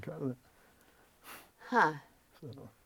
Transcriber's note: sniffs